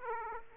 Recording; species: mosquito wingbeat signal from an infrared sensor; Aedes aegypti